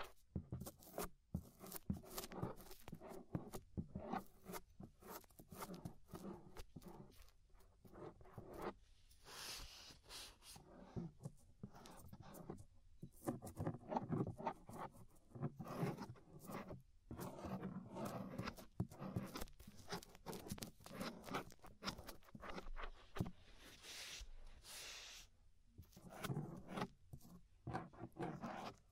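Scraping inside and around the ear, a dense run of rough, crackling strokes that never settles. Short bursts come in quick, uneven succession, some sharp and bright, others duller and fuller, with brief near-silent gaps around 9, 13 and 26 seconds.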